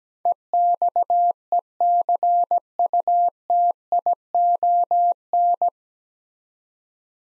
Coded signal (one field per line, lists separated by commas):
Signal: Morse code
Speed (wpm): 17 wpm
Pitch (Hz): 700 Hz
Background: none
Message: EXECUTION